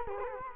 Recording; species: mosquito wingbeat signal from an infrared sensor; Culex quinquefasciatus